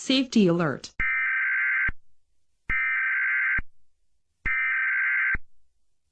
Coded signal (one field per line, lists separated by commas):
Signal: Emergency Alert System (SAME) tones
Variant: header bursts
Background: speech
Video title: EAS Collab Scenario 1 - Holy Ukrainian Reich (Collab w/ Dormio Studios Official)